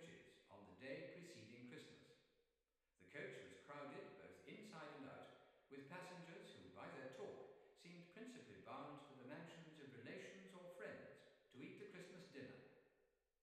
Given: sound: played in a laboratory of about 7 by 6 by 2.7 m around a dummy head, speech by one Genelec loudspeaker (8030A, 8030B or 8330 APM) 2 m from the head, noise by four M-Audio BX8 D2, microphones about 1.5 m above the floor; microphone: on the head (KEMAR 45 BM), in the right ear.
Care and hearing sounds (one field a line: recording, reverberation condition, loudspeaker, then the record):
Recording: male speech in English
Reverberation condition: high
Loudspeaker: 150 degrees to the right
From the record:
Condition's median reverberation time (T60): about 1300 ms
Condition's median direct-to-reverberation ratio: about -4.0 dB